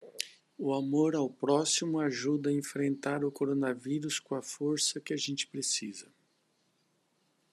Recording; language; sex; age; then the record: spoken sentence; Brazilian Portuguese; male; 50 to 59 years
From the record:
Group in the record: control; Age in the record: 56 years